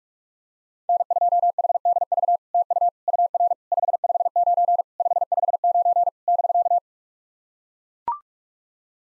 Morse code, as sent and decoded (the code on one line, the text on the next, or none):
-. ..--- .... -.. ...- / - ..- / ..- .-. / ..... ..... ----. / ..... ..... ----. / -...-.-
N2HDV TU UR 559 559 <BK>